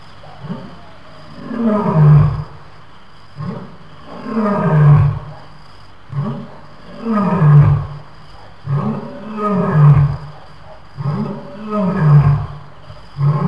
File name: lion